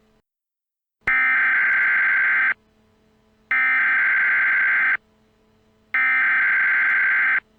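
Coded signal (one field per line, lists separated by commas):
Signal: Emergency Alert System (SAME) tones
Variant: header bursts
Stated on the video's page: Fictional EAS scenario, a simulated alert.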